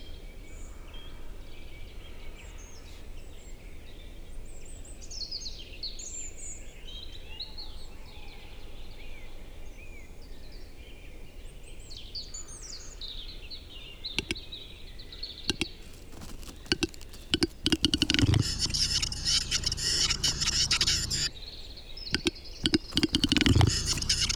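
Forest birdsong at the height of the capercaillie lek, with high chirping calls over a low steady hush for the first half. From about 14 seconds a displaying capercaillie cock adds sharp clicks that speed up into dense, scraping bursts near 18 and 23 seconds.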